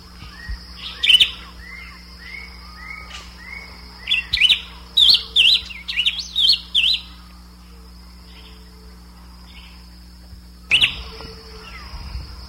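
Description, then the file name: Bird calls: a chirp early on, a run of several quick high chirps in the middle, and one more chirp near the end, over a low hum. "SABIOD"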